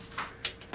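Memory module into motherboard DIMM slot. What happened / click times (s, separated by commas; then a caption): The memory module's second latch clicked shut / 0.4 s. A memory module is pressed further into a motherboard DIMM slot, and the second latch clicks at 0.5 s as a sharp, bright snap. Fainter knocks come before and after it, and the module is seated with the double click.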